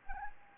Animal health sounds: mosquito wingbeat signal from an infrared sensor; Anopheles arabiensis

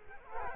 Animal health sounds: mosquito wingbeat signal from an infrared sensor; Culex quinquefasciatus

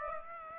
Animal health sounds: mosquito wingbeat signal from an infrared sensor; Aedes aegypti

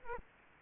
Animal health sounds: mosquito wingbeat signal from an infrared sensor; Culex quinquefasciatus

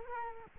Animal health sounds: mosquito wingbeat signal from an infrared sensor; Culex quinquefasciatus

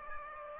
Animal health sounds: mosquito wingbeat signal from an infrared sensor; Aedes aegypti

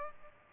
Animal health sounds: mosquito wingbeat signal from an infrared sensor; Culex pipiens

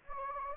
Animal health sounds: mosquito wingbeat signal from an infrared sensor; Anopheles gambiae

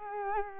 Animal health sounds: mosquito wingbeat signal from an infrared sensor; Culex quinquefasciatus

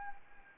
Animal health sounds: mosquito wingbeat signal from an infrared sensor; Anopheles arabiensis

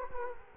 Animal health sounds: mosquito wingbeat signal from an infrared sensor; Culex quinquefasciatus

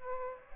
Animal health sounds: mosquito wingbeat signal from an infrared sensor; Aedes aegypti

